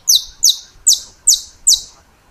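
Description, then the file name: Saffron finch song: five bright, piercing, down-slurred notes spaced evenly, roughly two per second, against a quiet background. "Canto-do-Canário-da-Terra"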